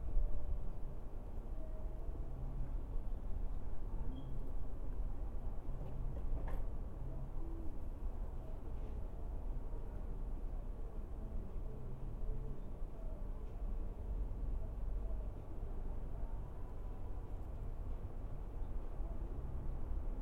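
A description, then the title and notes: A steady, dense low rumble of trains, planes or automobiles fills all twenty seconds without letting up. Short, low hooting tones surface now and then over it, and a single sharp click cuts through around six and a half seconds. A stereo recording of our backyard. The recording was made near one deciduous tree, and three evergreen trees, two living, one x-mas, next to the fence pictured above.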